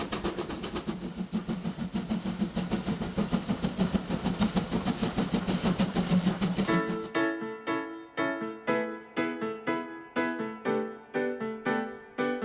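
A steam locomotive chuffs in a dense, rapid rush; around seven seconds the hiss drops away into slower, ringing, evenly spaced beats.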